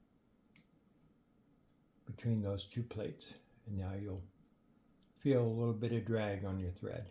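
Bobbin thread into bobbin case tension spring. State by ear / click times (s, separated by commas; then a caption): seated / 0.6 s. On a Kenmore 117.589 sewing machine, the bobbin thread is drawn from the slot across the bobbin case and pulled forward, giving a short, sharp click at 0.6 s as it seats into the tension spring between the two metal tension plates. After that, someone talks as the thread now has a little drag on it.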